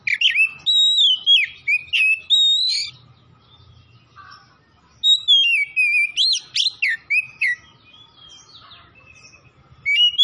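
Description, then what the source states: Oriental magpie-robin song, rich varied whistles and rapid chirpy phrases in bursts separated by quiet pauses, with a faint steady background hum. Kacer from Tretes, singing vigorously (gacor).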